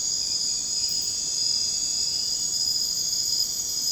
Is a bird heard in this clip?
no